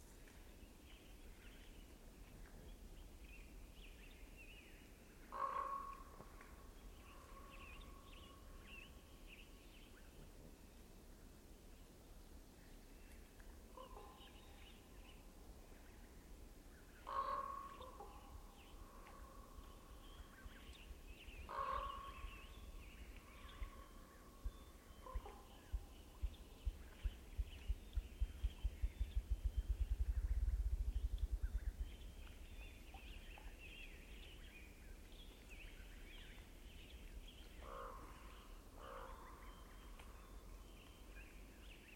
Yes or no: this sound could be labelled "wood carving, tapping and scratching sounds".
no